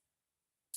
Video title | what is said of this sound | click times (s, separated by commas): Leatherman Wingman Review | But these ones don't lock into place, but they click into place with enough force that | 0.7 s